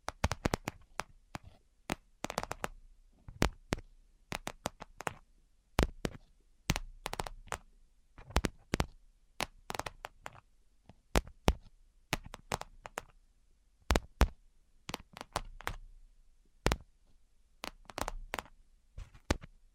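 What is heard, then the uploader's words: Sharp, bright tapping arrives in irregular bursts throughout, sometimes single knocks, sometimes quick clusters, separated by brief quiet gaps. ASMR 10 Levels of Tapping Tingle Immunity Treatment No Talking.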